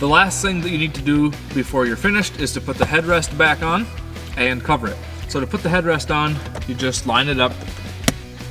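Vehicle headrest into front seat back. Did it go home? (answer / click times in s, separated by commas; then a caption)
yes / 8.1 s. A vehicle headrest is lined up with the seat-back guides of a Toyota Tundra front seat and slid down into place while someone talks over background music. One sharp, loud click at 8.1 s marks the headrest locking into the seat.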